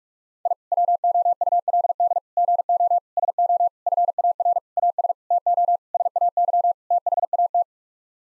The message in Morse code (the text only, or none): I WOULD GO SO FAR AS TO SAY THAT